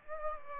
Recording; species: mosquito wingbeat signal from an infrared sensor; Aedes aegypti